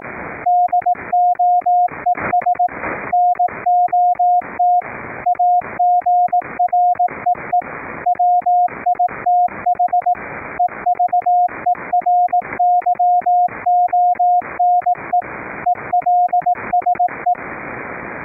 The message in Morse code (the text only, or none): DOES NOT AGREE WITH EVERYONE ELSE